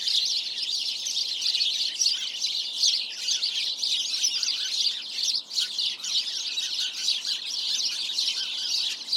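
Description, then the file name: House sparrow chirping from many birds together, a persistent high twittering mass of short notes. "Passer domesticus"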